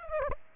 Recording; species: mosquito wingbeat signal from an infrared sensor; Aedes aegypti